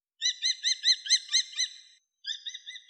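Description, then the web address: Common kestrel calling a quick run of sharp, high, arched notes, then a brief pause and a softer, similar run. "Falco tinnunculus"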